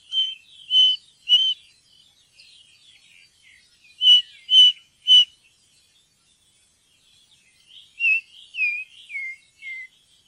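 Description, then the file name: Ring ouzel calls: loud whistled notes in two sets of three, followed by a short series of falling whistles. "ringtrost"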